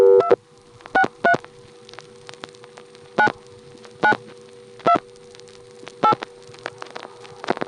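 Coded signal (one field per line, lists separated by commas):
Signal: DTMF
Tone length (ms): 90 ms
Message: 263 9 92 8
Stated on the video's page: Multi-frequency signalling from an NX1 crossbar exchange.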